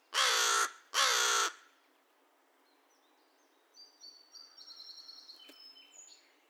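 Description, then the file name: American crow giving two raspy caws, followed by faint high whistles and chirps. Recorded 2 May 2020; a recording of 22 caw-caws and one caw. "2020-05-02 American Crow cawcawsandonecaw"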